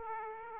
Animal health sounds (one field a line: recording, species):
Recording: mosquito wingbeat signal from an infrared sensor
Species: Aedes aegypti